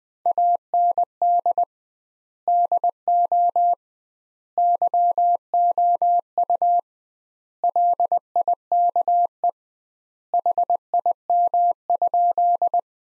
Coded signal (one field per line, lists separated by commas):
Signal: Morse code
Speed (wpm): 20 wpm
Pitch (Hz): 700 Hz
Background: none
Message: AND DO YOU LIKE HIM?